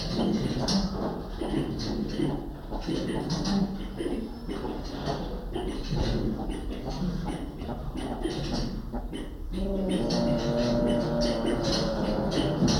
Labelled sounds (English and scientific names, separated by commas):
Northern Greater Galago (Otolemur garnettii) call